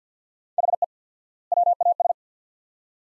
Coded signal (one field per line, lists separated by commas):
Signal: Morse code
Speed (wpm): 50 wpm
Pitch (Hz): 700 Hz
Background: none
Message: HE WAS